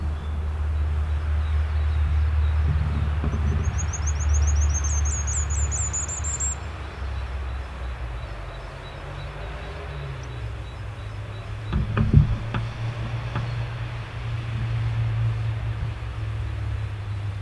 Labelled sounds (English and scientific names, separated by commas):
Common Firecrest (Regulus ignicapilla)